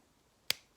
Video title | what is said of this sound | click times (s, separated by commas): Interceptor & GT650. How to disconnect the rectifier/regulator unit block connectors | and you pull it and you'll hear it click | 0.5 s